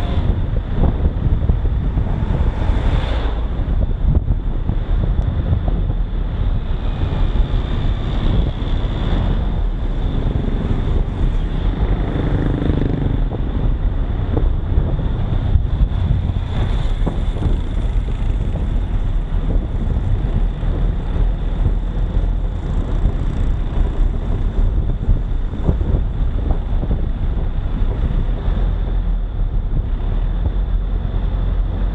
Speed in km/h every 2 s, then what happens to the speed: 31, 30, 30, 31, 31, 32, 33, 31, 26, 27, 28, 28, 27, 27, 27, 30.
0-13 steady at about 31. 13-16 slows to 26. 16-32 steady at about 27.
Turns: none.